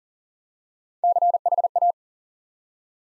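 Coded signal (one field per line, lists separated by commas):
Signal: Morse code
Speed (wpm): 40 wpm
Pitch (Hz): 700 Hz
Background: none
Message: CHA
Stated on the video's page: Morse code practice at 40 wpm, building 3- to 5-letter words one letter at a time for instant character recognition.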